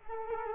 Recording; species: mosquito wingbeat signal from an infrared sensor; Culex quinquefasciatus